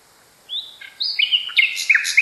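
Nightingale singing a brief phrase of rising whistles and sharp downslurred chips, getting busier and louder toward the end.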